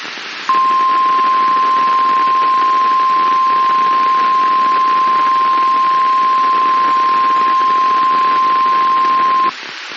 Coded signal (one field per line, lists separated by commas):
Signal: Emergency Alert System (SAME) tones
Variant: 1050 Hz attention tone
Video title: Tornado Warning Oklahoma Noaa Weather Radio Station KIH 27 Tulsa Oklahoma